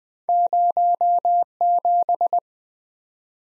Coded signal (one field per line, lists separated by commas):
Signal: Morse code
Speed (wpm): 20 wpm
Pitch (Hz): 700 Hz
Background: none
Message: 07